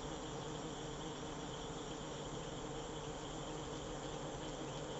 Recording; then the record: honeybee defence experiment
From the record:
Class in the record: control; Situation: empty test tube, no live specimens